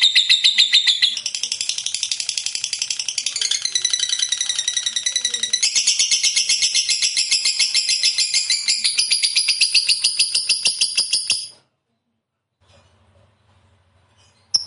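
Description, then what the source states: Lovebird song: a fast, unbroken stream of shrill, buzzy chattering notes, high and dense, running for about eleven seconds and then stopping abruptly, followed by near silence. Lovebird described as a 'fighter' type and 'gacor', a singing bird in full, persistent voice.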